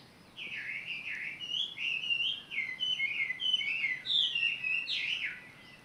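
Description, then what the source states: Bird song: a lively continuous warble of slurred whistled notes, varied and rapid, with a brief quiet start and end. Recorded 18 April 2022.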